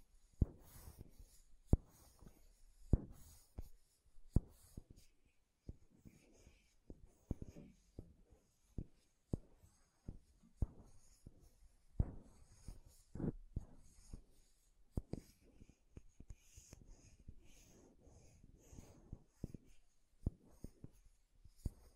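Tapping and scratching on makeup containers, a quick irregular run of sharp taps and short scrapes that continues for the whole stretch. Some taps land harder and brighter than others, with quieter rustling scratches filling the brief gaps between them.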